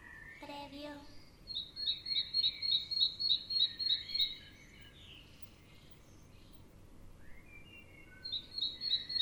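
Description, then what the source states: Birds singing: a short harmonic call opens, then a steady run of rapid, evenly repeated high notes, a quiet gap and more chirps at the end. Birds in the morning.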